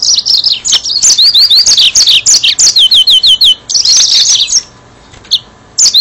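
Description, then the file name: Yellow-fronted canary song of rapid high chirps with runs of repeated slurred whistles, a dense fast trill, and a few isolated notes. "mozambik"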